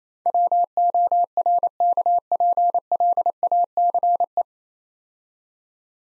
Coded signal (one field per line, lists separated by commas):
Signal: Morse code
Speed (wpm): 28 wpm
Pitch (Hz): 700 Hz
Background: none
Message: WORKPLACE